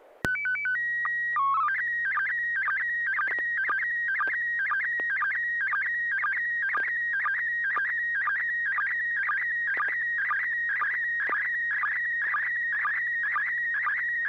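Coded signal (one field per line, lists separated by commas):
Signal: SSTV (slow-scan television)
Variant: PD 120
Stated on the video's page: SSTV net exchanging images via the 441.300 MHz FM repeater, using MMSSTV.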